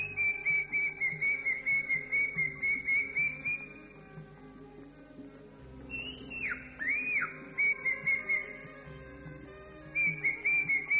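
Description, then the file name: Leafbird delivers rapid repeated whistles, falls quiet, gives a few swooping calls, then resumes the quick whistling; steady low tones throughout. "cucak ijo"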